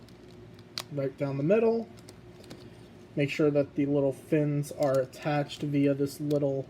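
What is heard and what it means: Two plastic toy robot halves are pushed together, merging their legs into one, and a sharp plastic snap at 0.8 s marks them seating, after a few faint handling ticks. Someone then talks.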